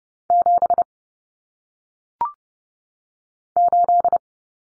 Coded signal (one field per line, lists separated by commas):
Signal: Morse code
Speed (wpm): 30 wpm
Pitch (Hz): 700 Hz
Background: none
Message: 7 8